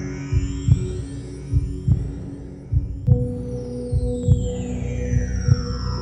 Womb Heartbeat.